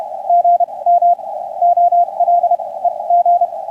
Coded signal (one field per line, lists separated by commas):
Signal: Morse code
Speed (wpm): 30 wpm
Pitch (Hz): 700 Hz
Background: radio noise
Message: GM OL EG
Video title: Saturday Morning Radio 6-13-2026